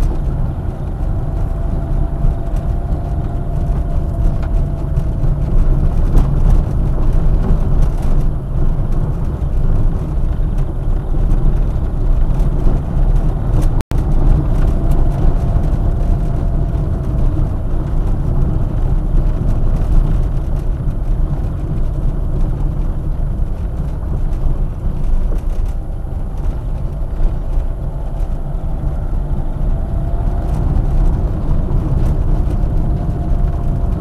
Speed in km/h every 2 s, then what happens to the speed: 26, 28, 26, 23, 21, 26, 27, 28, 24, 22, 21, 19, 17, 17, 20, 25, 26.
0-14 steady at about 26. 14-23 slows to 17. 27-30 speeds up to 25.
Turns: 19-26.